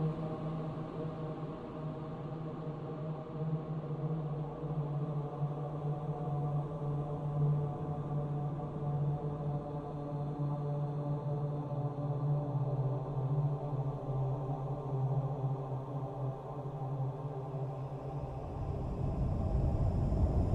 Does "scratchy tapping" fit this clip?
no